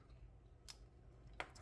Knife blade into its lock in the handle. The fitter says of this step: and lock into place so it doesn't require a firm snap